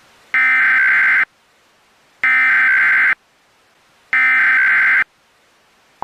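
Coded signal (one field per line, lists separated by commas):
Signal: Emergency Alert System (SAME) tones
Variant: header bursts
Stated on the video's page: Valid EAS tones in a New Year's Eve scenario recreation, not a real alert.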